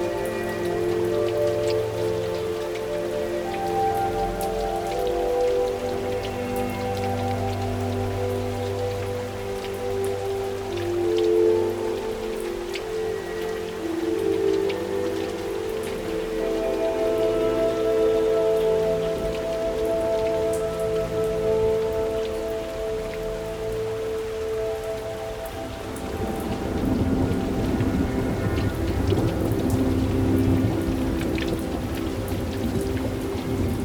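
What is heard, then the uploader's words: Soft, sustained music with long held tones plays over a steady patter of rain, which grows heavier and denser near the end. Light, soft music plays as rain gently falls outside the window.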